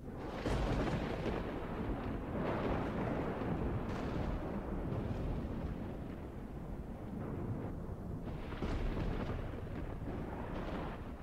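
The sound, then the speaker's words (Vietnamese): Thunder rumbles loudly and continuously, with heavy booming surges near the start, around the middle, and again toward the end, as lightning strikes the base of a kapok tree and splits it in two under a dark, cloudy sky. No voices are heard. “Một tia sét rạch ngang trời, đánh thẳng xuống gốc gạo.”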